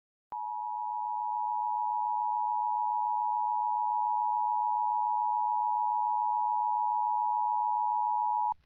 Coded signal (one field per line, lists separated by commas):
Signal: Emergency Alert System (SAME) tones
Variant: 853 and 960 Hz attention tone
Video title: Severe Thunderstorm Warning on KAZD-TV (EAS #632) (4/8/24)